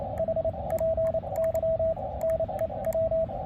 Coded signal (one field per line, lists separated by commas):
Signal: Morse code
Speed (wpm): 26 wpm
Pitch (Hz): 650 Hz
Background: radio noise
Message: HPY NEW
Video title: Understanding Amateur Radio and Morse Code